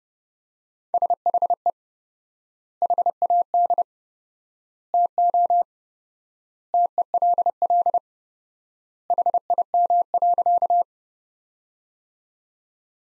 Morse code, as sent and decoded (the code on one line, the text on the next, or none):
... .... . / .... .- -.. / - --- / - . .-.. .-.. / .... .. -- .-.-.-
SHE HAD TO TELL HIM.